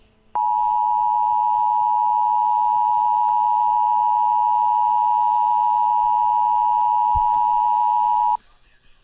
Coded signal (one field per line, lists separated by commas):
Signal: Emergency Alert System (SAME) tones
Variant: 853 and 960 Hz attention tone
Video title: EAS Gets Interrupted by the EAS